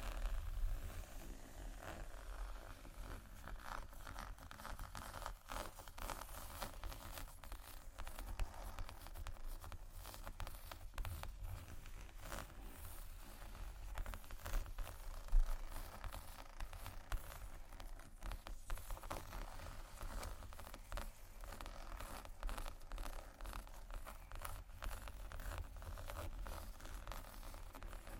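Fingers tap and scratch across leather bags in a dense, continuous stream of small dry scrapes and rustles. Brief crisp taps stand out now and then, one sharper at about 15 seconds, over a steady low hum that runs throughout.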